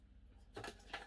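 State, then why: Seated. The visor of a 1970s riot helmet is lowered all the way down into the helmet shell until it locks into place. A short rattling knock sounds at about 0.6 seconds, followed by a sharper click at 0.9 seconds as the visor seats.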